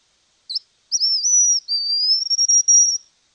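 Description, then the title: White-naped xenopsaris song: a short high note, then long thin whistled phrases with quick wavering inflections, sustained for about two seconds. Nominate subspecies albinucha. "LuckyPassaro Completos2Sama. White-naped Xenopsaris (Xenopsaris albinucha albinucha)"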